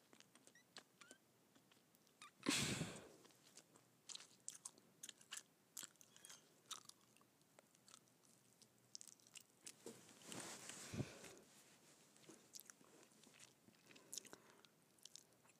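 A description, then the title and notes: Gum chewing with quick, irregular wet clicks and smacks scattered through the whole stretch. A loud bright burst comes near 2.5 seconds and a longer rustling swell around 10 to 11 seconds. Between them, soft crackly mouth sounds keep going. ASMR Gum Chewing.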